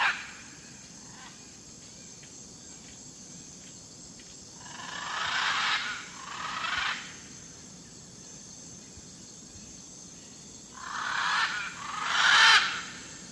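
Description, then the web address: Blue-and-yellow Macaw giving rasping squawks in two clusters, the last loudest, with soft rhythmic insect pulses early on and a steady high hum. Eastern lowlands of South America. "Natures Songs S America Eastern Lowlands. Blue-and-yellow Macaw"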